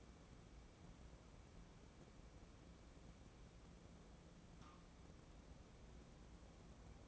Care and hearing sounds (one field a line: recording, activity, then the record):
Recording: daily activity, microphone in the room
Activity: wipe stove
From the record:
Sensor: 1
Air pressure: 1012.5 hPa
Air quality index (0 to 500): 142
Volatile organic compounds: 2 ppm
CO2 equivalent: 1176 ppm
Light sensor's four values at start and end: 4184/8153/4107/4239 and 4118/8026/4043/4174